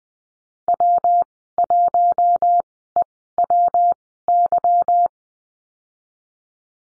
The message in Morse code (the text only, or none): W1EWY